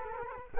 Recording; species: mosquito wingbeat signal from an infrared sensor; Culex quinquefasciatus